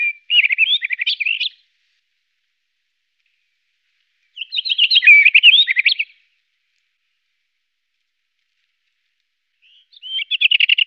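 White-crowned wheatear giving short warbling phrases of twittering notes, each lasting under two seconds and separated by pauses of a few seconds.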